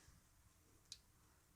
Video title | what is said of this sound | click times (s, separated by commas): How do I service a Kawasaki ninja Er6f/er6n Versys? | Clip back on. Make sure that clicks into place. | 0.9 s